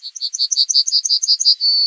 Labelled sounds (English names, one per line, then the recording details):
Yellowhammer song
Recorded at under 5 m from the bird
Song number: 142